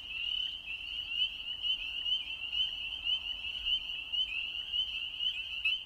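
Spring peepers in a dense chorus, high piping peeps overlapping continuously into a steady shrill band, no other clear sounds.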